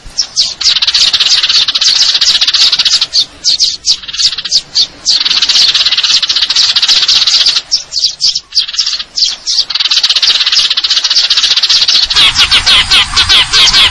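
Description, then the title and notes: Eurasian tree sparrow uttering bursts of sharp chirps and trills separated by short gaps, ending in a denser run of rapid notes. Fighting call with long trills; clear sound, masteran training for contest birds. "GEREJA TARUNG NEMBAK PANJANG SUARA JERNIH MASTERAN BURUNG LOMBA. Burung Gereja"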